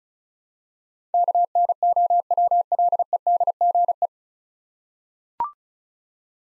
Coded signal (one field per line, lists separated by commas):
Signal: Morse code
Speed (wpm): 34 wpm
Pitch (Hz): 700 Hz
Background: none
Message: KNOWLEDGE